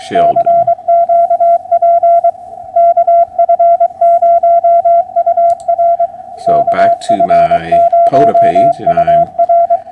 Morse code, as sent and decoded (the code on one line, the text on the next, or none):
-.-. --.- .--. / -.- ..-. ----- ..- .-. / -.- ..-. ----- ..- .-.
CQP KF0UR KF0UR